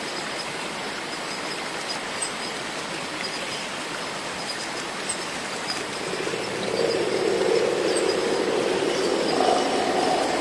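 Cicadas fill a rainforest with a dense, steady hiss that covers the mid and upper range throughout. Around six seconds a louder buzzing drone rises and holds, growing stronger near nine seconds. Faint ticks and chirps are scattered across the top.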